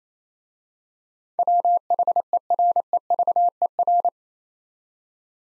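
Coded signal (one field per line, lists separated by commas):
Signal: Morse code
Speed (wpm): 27 wpm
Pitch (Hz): 700 Hz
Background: none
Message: WHEREVER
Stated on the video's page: Morse practice drill of 8-letter words at 28 WPM, each word sent twice.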